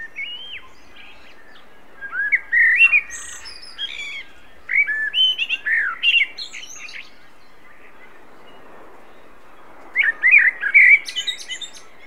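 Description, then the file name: Common blackbird song: two fluty, warbled phrases with shrill squeaky additions, a long pause, then another phrase ending in high twittering. "Turdus merula"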